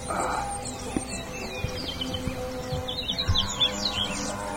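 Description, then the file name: Birds calling with rapid high chirps and short falling notes, busiest in the second half, over a steady low hum and background noise. "SABIOD 50 bird 2015"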